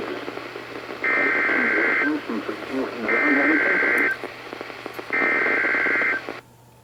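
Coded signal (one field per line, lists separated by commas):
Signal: Emergency Alert System (SAME) tones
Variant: header bursts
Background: speech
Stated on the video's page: Flood and winter storm warnings from the Sterling, Virginia office, heard on NOAA Weather Radio stations KHB36, WXM42 and KEC83.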